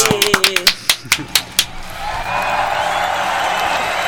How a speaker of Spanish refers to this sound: Se recuperó a la nieta 129. Vamos, bien, aplausos. Oh. ¿Y si aplaudimos nosotros?